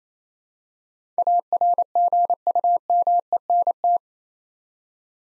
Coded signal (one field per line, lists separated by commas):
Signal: Morse code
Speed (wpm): 27 wpm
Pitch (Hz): 700 Hz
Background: none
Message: ARGUMENT